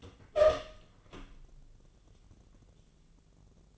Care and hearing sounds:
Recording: daily activity, microphone in the room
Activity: open door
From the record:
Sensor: 4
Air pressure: 1001.2 hPa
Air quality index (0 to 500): 182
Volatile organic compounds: 2 ppm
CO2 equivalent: 1299 ppm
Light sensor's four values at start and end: 17/39/16/16 and 15/34/14/14

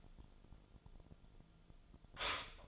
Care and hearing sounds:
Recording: daily activity, microphone in the room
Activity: stop toaster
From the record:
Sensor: 5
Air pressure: 1009.3 hPa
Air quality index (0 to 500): 169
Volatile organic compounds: 4 ppm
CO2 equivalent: 1638 ppm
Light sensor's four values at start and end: 88/234/95/100 and 88/234/95/100

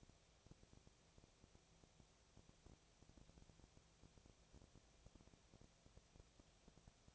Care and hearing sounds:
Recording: daily activity, microphone in the room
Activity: no activity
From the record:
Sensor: 1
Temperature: 19.6 degrees Celsius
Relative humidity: 36.5%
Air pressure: 997.0 hPa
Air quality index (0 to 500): 204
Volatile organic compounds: 129 ppm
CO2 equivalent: 3921 ppm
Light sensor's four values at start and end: 1/2/1/1 and 1/2/1/1

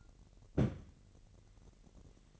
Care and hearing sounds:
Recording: daily activity, microphone in the room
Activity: place on stove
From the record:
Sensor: 4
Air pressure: 1012.8 hPa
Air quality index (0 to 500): 238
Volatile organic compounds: 4 ppm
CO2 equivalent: 1582 ppm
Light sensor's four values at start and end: 28/67/27/27 and 28/67/27/27

